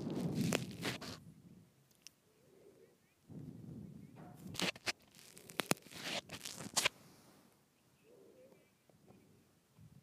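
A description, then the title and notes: Twisting a microphone makes rough crunching and scraping bursts, loud near the start and again around four to seven seconds, with quiet rumbling gaps between. ASMR Twisting my Microphone.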